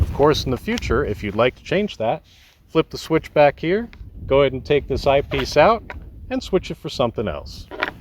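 An interchangeable eyepiece is handled at the back of a Phenom UHD spotting scope, with a release switch flipped so it can come out of the scope body and be swapped. Someone talks throughout, and two short sharp sounds come right at the end, at about 7.8 and 7.9 seconds. The eyepiece has not yet seated back into the scope body.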